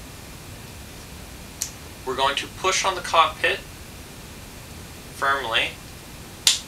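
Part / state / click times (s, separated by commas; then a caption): plastic cockpit piece into the toy robot body / seated / 6.5 s. The plastic cockpit of a Transformers Animated Starscream transforming toy robot is pushed firmly into the robot body while someone talks, with a brief tick at 1.6 s. A sharp, loud snap at 6.5 s marks the cockpit seating into place.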